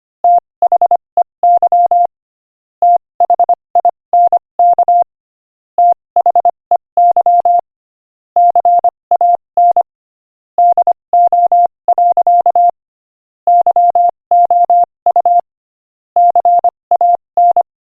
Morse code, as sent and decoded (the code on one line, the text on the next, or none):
- .... . -.-- / - .... .. -. -.- / - .... . -.-- / -.-. .- -. / -.. --- .-.-.- / -.-- --- ..- / -.-. .- -.
THEY THINK THEY CAN DO. YOU CAN